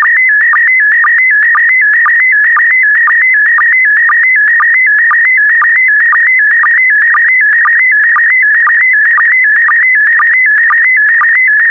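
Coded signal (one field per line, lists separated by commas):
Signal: SSTV (slow-scan television)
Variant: PD120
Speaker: Five, four, three, two, one. Transmission complete. You can now check your decoded image against the picture that is shown on the video.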